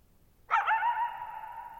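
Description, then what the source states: Coyote giving one sharp bark that rings on in a long, steady echo. Lone coyote, night of July 14, 2019, Thirtymile Meadows, Okanogan National Forest, Pacific Northwest, 6400 ft; shallow-bowl meadow on dry high plateau, boggy ground, very low noise.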